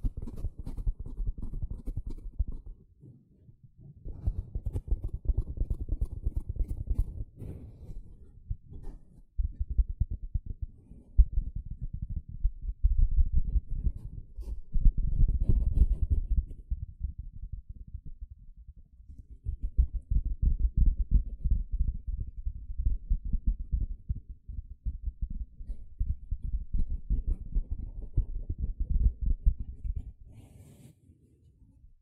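A sponge is scratched and squished in dull, low bursts of rough rubbing, several seconds each, separated by brief pauses across the recording.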